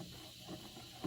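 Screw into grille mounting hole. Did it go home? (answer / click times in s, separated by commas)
no / none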